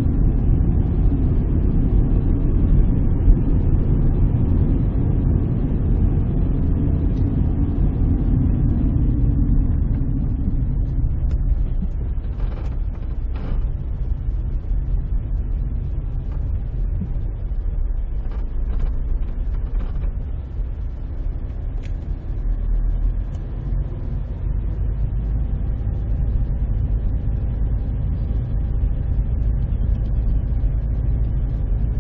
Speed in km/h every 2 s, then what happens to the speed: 40, 42, 41, 36, 25, 10, 11, 11, 7, 8, 9, 13, 14, 14, 15, 13.
3-10 brakes to 10. 10-17 steady at about 10. 17-23 speeds up to 14. 23-32 steady at about 14.